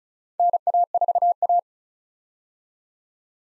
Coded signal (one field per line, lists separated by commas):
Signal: Morse code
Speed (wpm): 36 wpm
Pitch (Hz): 700 Hz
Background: none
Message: NA4A